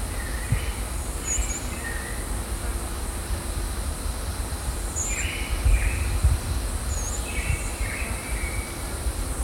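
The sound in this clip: Finsch's Pygmy Parrot giving three brief, high, thin squeaks spaced a few seconds apart over lower buzzy notes and constant low-frequency rumble.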